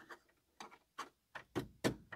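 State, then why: Not seated. A 3D printed plastic dash trim insert with short locking tabs is pushed into the dashboard opening of a 1984 Dodge Ram D150 truck. A series of short tapping and knocking sounds follows as it is pressed. It does not snap in because the tabs do not stick out far enough, and nothing has clicked or seated.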